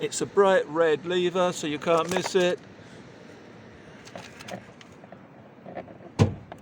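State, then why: Released. Someone talks, then, after a quiet stretch with a few faint knocks, the bright red bonnet release lever in the driver-side door well of a 2008 Fiat 500 (2007-onwards model, not broken) is pulled. The bonnet latch lets go to its first safety catch with a good, sharp click at 6.5 s, releasing the hood.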